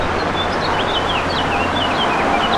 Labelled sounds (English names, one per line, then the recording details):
House Finch song
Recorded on Long Island, New York, on 2 June 2012
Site CP
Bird D